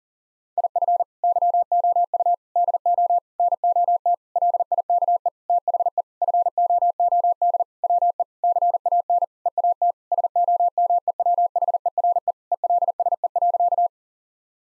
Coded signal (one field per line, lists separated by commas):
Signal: Morse code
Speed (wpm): 40 wpm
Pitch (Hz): 700 Hz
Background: none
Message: IF YOU DO NOT LIKE THE FOOD WE CAN EAT SOMEWHERE ELSE.